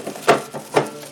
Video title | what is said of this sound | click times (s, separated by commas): SafetyPro Evo Supply Loading | Yellow side goes in, you feel it click. | 0.8 s